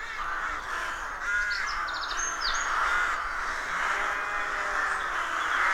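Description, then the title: Rook colony calling, many hoarse caws overlapping continuously, with brief higher notes in the middle. Rook colony of more than 300 birds nesting in a dozen roadside trees, rural County Armagh woodland, early spring; pairs greeting and squabbling with neighbours as first chicks hatch. "Sound Escape 113: Enjoy the stirring cacophony of a rook colony"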